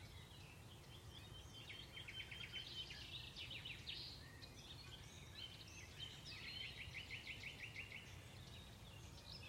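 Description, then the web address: Bird song: rapid trills of evenly repeated notes in a few bursts, faint against steady background noise. "cianscape birddata Deverinetal 2025 Bird Only Tu Me"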